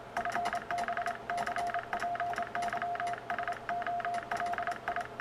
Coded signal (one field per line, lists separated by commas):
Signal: Morse code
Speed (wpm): 27 wpm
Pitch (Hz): 690 Hz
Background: none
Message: FB C PY SOLI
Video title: A Filosofia dos DX PY!AX